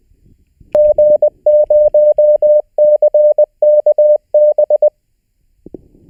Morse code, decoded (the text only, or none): G0CKB